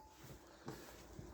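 An overhead cupboard door above the seating and dining area of a 2014 Bailey Autograph 750 motorhome is pushed closed, and its latch snaps into the locker frame with a sharp, defined click at 0.7 s over a low background. The latch clicks shut and the door is confirmed seated.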